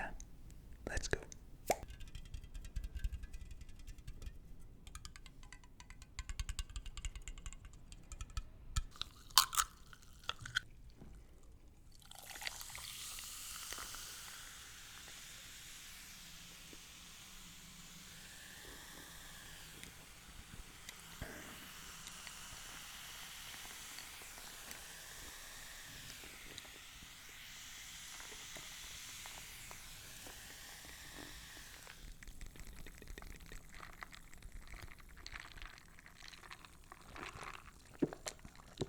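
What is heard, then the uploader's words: Someone eating a curry meal with naan and poppadums. The first twelve seconds bring sharp crunches, clicks and utensil taps; then a steady hiss takes over for about twenty seconds, with faint chewing beneath, before the clicks and crunches return near the end. Eating Lamb Bhuna Curry With Garlic Naan Bread & Poppadum's (ASMR MUKBANG).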